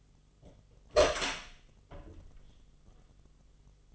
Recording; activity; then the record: daily activity, microphone in the room; open door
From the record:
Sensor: 4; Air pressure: 1005.8 hPa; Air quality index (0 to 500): 72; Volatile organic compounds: 1 ppm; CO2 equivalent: 870 ppm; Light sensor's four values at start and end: 13/31/12/11 and 13/30/12/11